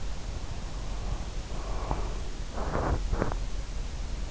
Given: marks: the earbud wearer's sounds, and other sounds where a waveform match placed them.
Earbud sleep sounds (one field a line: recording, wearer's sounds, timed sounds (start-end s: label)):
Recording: sounds in sleep by an in-ear microphone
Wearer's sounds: body movement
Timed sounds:
0.69-3.84 s: body movement